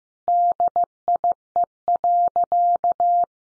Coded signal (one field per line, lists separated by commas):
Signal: Morse code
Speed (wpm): 15 wpm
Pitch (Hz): 700 Hz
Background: none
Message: DIE.